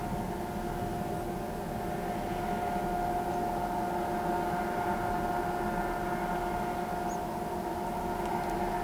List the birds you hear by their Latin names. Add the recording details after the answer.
none. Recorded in pastures near Pivijay, Magdalena, Colombia, on 18 April 2023 at 15:00. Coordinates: 10.456, -74.369. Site P6-G026